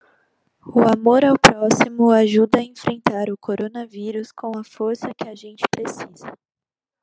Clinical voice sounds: spoken sentence; Brazilian Portuguese; female; 20 to 29 years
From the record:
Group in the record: control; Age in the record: 21 years

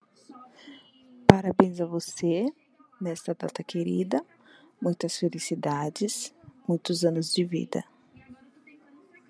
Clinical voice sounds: short text; Brazilian Portuguese; female; 30 to 39 years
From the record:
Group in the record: control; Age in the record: 37 years

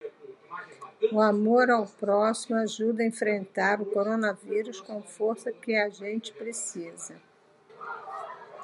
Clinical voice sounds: spoken sentence; Brazilian Portuguese; female; 60 to 69 years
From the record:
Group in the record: control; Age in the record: 68 years

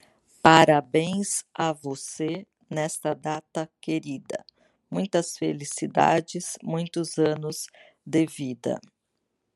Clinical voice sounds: short text; Brazilian Portuguese; female; 60 to 69 years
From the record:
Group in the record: control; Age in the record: 62 years

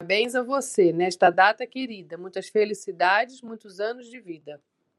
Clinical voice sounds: short text; Brazilian Portuguese; female; 50 to 59 years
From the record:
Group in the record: control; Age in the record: 52 years

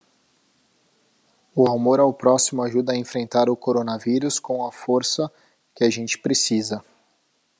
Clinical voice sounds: spoken sentence; Brazilian Portuguese; male; 30 to 39 years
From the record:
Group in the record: control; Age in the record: 38 years

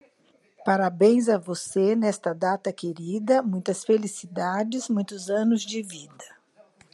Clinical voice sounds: short text; Brazilian Portuguese; female; 60 to 69 years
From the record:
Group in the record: control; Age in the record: 68 years

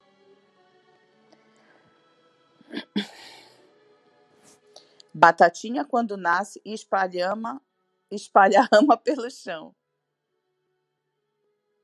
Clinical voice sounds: short text; Brazilian Portuguese; female; 40 to 49 years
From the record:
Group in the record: control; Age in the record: 40 years

